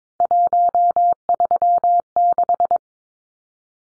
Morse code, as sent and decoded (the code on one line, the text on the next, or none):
.---- ...-- -....
136